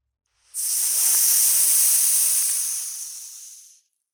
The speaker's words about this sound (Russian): Мягкое шипение доносилось со стороны хребта богини. Там появился силуэт гигантского черного питона, который медленно свернулся вокруг горного пика.